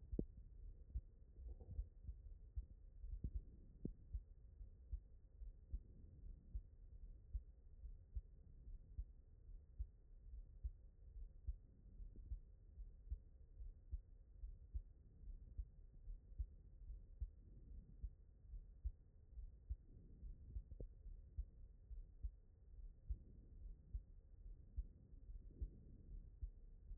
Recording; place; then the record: heart sounds by stethoscope; aortic valve (AV)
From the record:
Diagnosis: non-HFrEF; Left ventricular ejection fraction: 63%